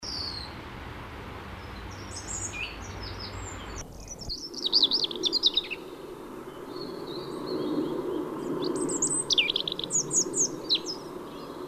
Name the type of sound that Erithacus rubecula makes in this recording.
song